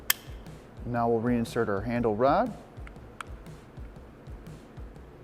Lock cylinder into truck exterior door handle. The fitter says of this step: You will hear it snap into place once the lock cylinder is fully inserted.